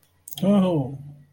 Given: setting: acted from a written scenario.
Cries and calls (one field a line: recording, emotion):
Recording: vocal sound without words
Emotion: pride